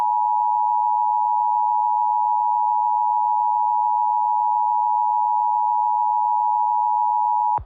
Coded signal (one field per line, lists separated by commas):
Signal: Emergency Alert System (SAME) tones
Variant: 853 and 960 Hz attention tone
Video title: EAS MOCK For Tornado Warning Jackson CA Usa